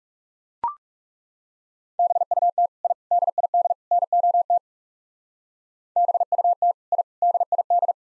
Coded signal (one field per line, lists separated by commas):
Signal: Morse code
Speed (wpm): 34 wpm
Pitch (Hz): 700 Hz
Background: none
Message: BUT I DID NOT BUT I DID